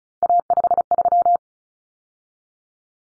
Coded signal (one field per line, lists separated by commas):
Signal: Morse code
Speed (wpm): 34 wpm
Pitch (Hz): 700 Hz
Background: none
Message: A53